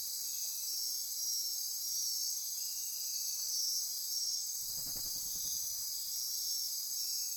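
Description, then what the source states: Insect chorus, an unbroken high-pitched whirring hum, with a brief low rumbling noise around the fifth second. Insect chorus recorded at midnight near Corcovado.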